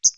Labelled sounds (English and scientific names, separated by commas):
Hooded Warbler (Setophaga citrina) flight call